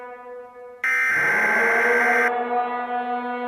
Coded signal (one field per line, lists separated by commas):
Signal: Emergency Alert System (SAME) tones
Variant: header bursts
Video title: An EAS Scenario: Tyrannosaurus Rex Attack